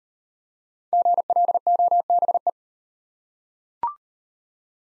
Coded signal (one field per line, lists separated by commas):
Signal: Morse code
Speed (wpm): 38 wpm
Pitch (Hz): 700 Hz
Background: none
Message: GLOBE